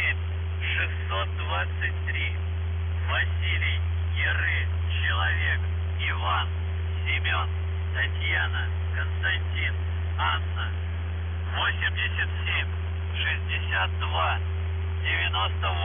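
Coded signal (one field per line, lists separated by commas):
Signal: numbers station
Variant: UVB-76, Russian voice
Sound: a male voice reading short words and numbers over a constant low droning hum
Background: radio static, steady hum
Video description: Callsign: VZhTsKh (ВЖЦХ) Message text: 37 623 VYChISTKA (ВЫЧИСТКА) 87 62 98 84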